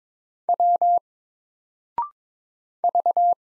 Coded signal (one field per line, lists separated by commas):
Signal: Morse code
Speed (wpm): 22 wpm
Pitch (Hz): 700 Hz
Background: none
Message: W V